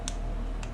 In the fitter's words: tık sesini duydunuz Evet altın isometry oldu demektir gitmeyin öte tarafa sıkmayın artık zarar vermeyin artık